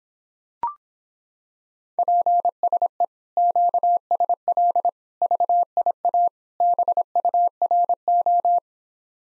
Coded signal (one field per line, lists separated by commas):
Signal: Morse code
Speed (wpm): 26 wpm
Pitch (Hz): 700 Hz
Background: none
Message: PSE QSL VIA BURO